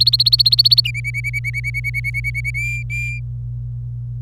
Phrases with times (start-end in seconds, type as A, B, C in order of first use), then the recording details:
0.00-0.81 A, 0.84-2.51 B, 2.54-3.20 C. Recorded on 26 April 2018 at 08:17. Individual llb3